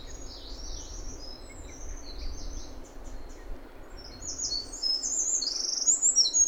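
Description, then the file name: Eurasian wren song: thin, fast high trills growing louder toward the end, over low rumbling noise. "Troglodytes troglodytes"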